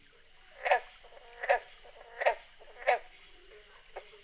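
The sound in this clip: Green frog calling in brief, plucked-sounding notes, four in quick succession under a second apart, then a softer fifth, with a faint constant tone behind.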